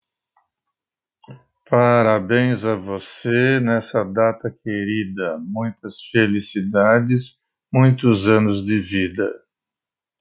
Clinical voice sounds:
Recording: short text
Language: Brazilian Portuguese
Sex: male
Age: 70 to 79 years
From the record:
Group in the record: control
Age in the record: 72 years

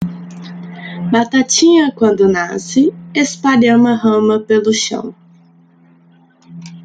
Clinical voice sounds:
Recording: short text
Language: Brazilian Portuguese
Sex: female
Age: 20 to 29 years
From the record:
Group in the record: control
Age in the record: 29 years

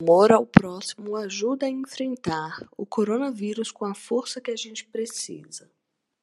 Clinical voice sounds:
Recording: spoken sentence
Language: Brazilian Portuguese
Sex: female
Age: 30 to 39 years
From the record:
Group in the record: control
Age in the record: 38 years

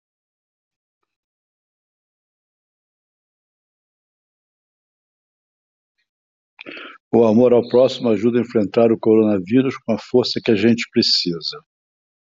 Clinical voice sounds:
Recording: spoken sentence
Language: Brazilian Portuguese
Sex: male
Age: 70 to 79 years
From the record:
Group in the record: control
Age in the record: 71 years

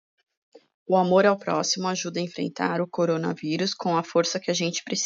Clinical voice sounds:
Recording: spoken sentence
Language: Brazilian Portuguese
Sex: female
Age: 40 to 49 years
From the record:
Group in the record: control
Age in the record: 45 years

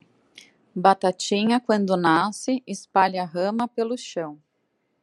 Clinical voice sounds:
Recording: short text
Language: Brazilian Portuguese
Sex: female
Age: 30 to 39 years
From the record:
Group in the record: control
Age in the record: 35 years

